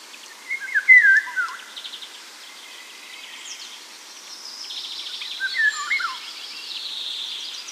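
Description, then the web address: Eurasian golden oriole uttering two rich, yodelling whistled phrases several seconds apart while smaller birds chatter and trill at higher pitch behind. Recorded at Sjöbacken on 14 June 2008. "sjobacken ljud oriole 080614"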